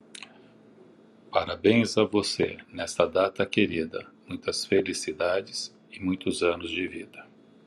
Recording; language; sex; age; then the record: short text; Brazilian Portuguese; male; 60 to 69 years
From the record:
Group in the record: control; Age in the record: 61 years